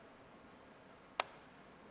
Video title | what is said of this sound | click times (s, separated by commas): Malco FSXS Drill Assist Seamer - Unboxing, Assembly, and Disassembly | You hear a little snap, you know it's in position, and now it's ready to form a thicker material. | 1.2 s